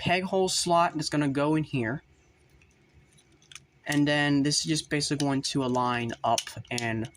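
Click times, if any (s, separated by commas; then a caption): none. A plastic backpack panel is lined up over the peg hole slot on the back of a Transformers Rise of the Beasts Mainline Deluxe Class Mirage action figure while someone talks. During a quiet stretch from about 2.0 to 3.9 s, faint small taps of handling are heard at about 2.6, 3.4 and 3.6 s. Nothing has clicked into place yet.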